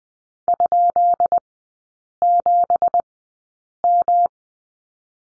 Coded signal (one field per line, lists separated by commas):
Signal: Morse code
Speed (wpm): 20 wpm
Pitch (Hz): 700 Hz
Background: none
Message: ?7M